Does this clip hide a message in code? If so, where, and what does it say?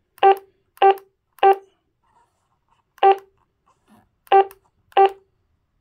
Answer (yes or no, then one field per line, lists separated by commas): no